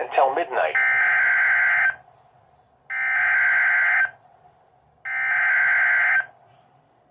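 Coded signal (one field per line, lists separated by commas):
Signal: Emergency Alert System (SAME) tones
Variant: header bursts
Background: speech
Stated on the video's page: Alerts from the remnants of Hurricane Beryl.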